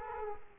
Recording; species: mosquito wingbeat signal from an infrared sensor; Culex quinquefasciatus